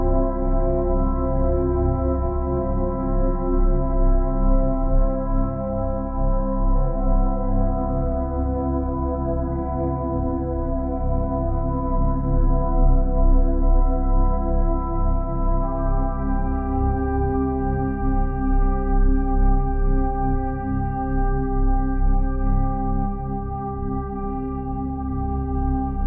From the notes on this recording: Peaceful chords rise and fall as a delta wave slowly hums below the surface